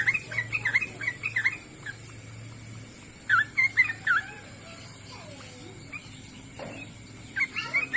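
Bird giving short bursts of quick chirps separated by pauses of a second or more, with a low steady hum and hiss underneath.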